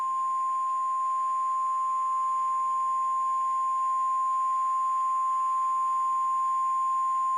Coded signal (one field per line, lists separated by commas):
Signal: Emergency Alert System (SAME) tones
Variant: 1050 Hz attention tone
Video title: EAS Scenario: Kee hat#s me (FULL)